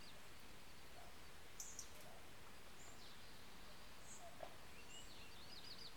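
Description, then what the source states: Birds giving thin high chirps and a brief rapid trill near the end, scattered over a steady low traffic rumble. Birds in a garden with traffic, 13 September 2016.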